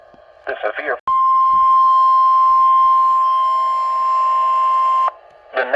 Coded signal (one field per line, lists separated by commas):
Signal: Emergency Alert System (SAME) tones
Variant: 1050 Hz attention tone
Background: speech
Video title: EAS Alerts as of 3/30/2024 (EAS #150 - 159)